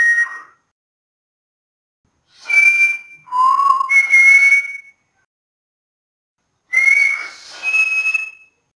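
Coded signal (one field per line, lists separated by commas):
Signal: whistled language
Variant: Silbo Gomero applied to French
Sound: several short whistled phrases with level and stepping pitches, separated by silences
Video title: SILBO GOMERO DEL MUNDO: FRANCÉS/IMPRESCINDIBLE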